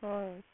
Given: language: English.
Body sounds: throat vibration sensor signal played as sound; speech

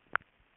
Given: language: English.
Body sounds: throat vibration sensor signal played as sound; swallow

